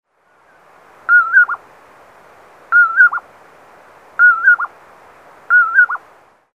Sound recording of common poorwill, Great Basin National Park, Nevada.